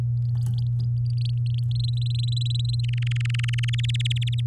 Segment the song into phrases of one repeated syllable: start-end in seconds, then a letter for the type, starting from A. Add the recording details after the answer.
1.17-1.85 A, 1.88-2.81 B, 2.83-3.75 C, 3.78-4.41 D. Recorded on 8 May 2018 at 19:47. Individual llb16